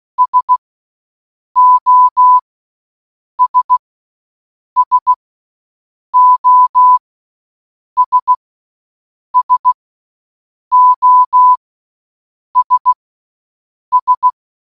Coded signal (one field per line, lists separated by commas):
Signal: Morse code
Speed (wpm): 16 wpm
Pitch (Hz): 1000 Hz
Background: none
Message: SOS SOS SOS S